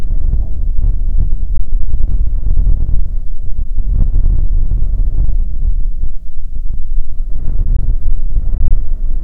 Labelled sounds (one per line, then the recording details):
bird
wind
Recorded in the Prudhoe Bay oil fields, Alaska, on 15 May 2019 at 00:03
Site 19